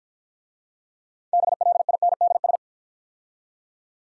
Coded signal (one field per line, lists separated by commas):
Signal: Morse code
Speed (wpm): 49 wpm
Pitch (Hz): 700 Hz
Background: none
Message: BLINDS